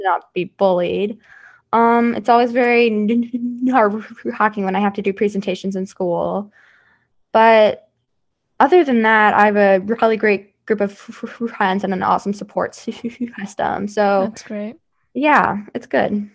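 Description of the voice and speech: A 16-year-old girl who has stuttered since age 2 and has had speech therapy speaks fluently at times, with stretched sounds and tense pauses mid-phrase: mild stuttering.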